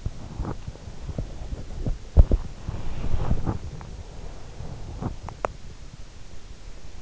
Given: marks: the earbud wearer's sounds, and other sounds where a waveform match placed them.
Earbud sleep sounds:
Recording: sounds in sleep by an in-ear microphone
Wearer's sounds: body movement, breath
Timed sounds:
0.00-5.59 s: body movement
2.38-3.42 s: breath

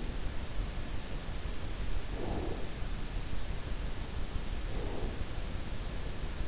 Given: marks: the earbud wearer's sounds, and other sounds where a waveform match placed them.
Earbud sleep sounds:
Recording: sounds in sleep by an in-ear microphone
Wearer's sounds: breath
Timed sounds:
2.12-2.64 s: breath
4.77-5.23 s: breath

